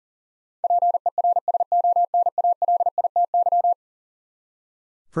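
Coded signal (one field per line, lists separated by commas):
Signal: Morse code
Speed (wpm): 37 wpm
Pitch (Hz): 700 Hz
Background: none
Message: PERSONALITY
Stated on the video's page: 40 wpm Morse head-copy drill of eleven-letter words; each is sent, spoken, then sent again.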